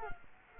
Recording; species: mosquito wingbeat signal from an infrared sensor; Culex quinquefasciatus